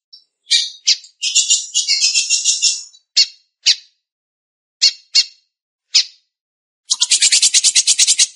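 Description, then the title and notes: Belgian canary song: sharp high chips, a fast buzzy rattle, scattered single notes, then a rapid trill of evenly spaced pulses near the end. "Canario Belga, nyonyastudio"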